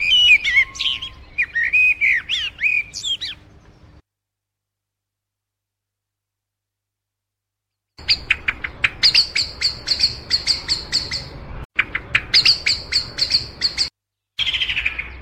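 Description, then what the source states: Eurasian blackbird giving a short warbled, fluty song phrase, then after a pause a rapid run of sharp, clicking chink notes repeated several times per second. Song and warning call.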